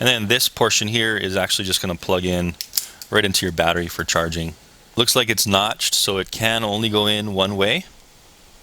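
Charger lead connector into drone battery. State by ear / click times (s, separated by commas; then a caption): not seated / none. The keyed, notched charging lead connector for a Parrot Bebop 2 drone is handled near the drone battery's socket while someone talks. It has not yet been pushed in; nothing has seated or clicked yet.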